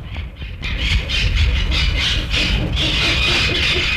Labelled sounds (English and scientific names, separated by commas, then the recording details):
Speckled Pigeon (Columba guinea) call
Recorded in captivity
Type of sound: call
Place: Zoo Wuppertal, Nordrhein-Westfalen, DE
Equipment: Halbspur, 9,5 cm/s
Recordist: Lütgens, Hans
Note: Rufe